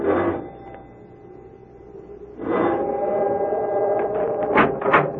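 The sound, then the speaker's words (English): A doorbell at a large oak door, at the top of stone steps in the rain, rings in two bursts. Each is a sustained, buzzing metallic tone with steady overtones; the second is longer and joined by a few sharp clicks near the end. No one speaks. “However, after a moment, she made her way to the large oak door and rang the bell.”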